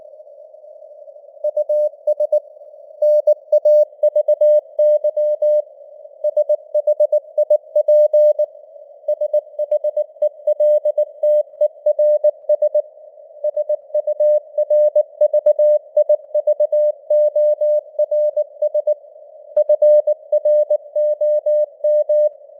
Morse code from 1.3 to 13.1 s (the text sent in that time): US NAVY SHIP SHELTERS